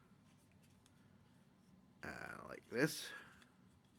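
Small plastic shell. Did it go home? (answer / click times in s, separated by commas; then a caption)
no / none. The rear plastic shell of a scale-model remote control for a 1966 Batmobile model is handled against its front half. It is not yet pressed home, and nothing has snapped or seated yet. Low background noise is broken by someone talking from about 2.0 to 3.5 seconds.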